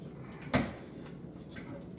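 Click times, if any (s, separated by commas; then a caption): 1.6 s. An accessory tray for eyepieces is slid onto the leg spreader of a Meade Polaris 70mm telescope tripod and turned until it locks. A louder broadband knock sounds at about 0.5 s, then a single short, sharp click at 1.6 s as the tray seats firmly in place.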